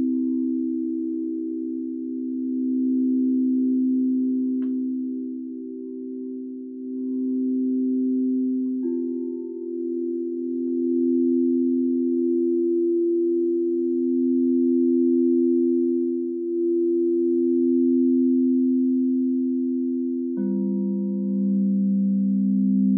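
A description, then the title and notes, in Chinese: A singing bowl hums in a steady, low drone with pulsing beats, a light strike near nine seconds, then a lower pitch shift around twenty. 让脑瓜子嗡嗡的颂钵音疗。颂钵（Singing Bowl）源自喜马拉雅山区，最初是由当地的七种金属及天然矿石手工凿击而成的乐器。通过敲击或摩擦的方式传递声音振动。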